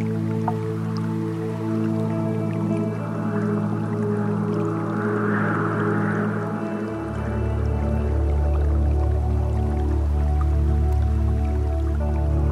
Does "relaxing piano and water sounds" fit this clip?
yes